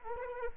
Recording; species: mosquito wingbeat signal from an infrared sensor; Anopheles arabiensis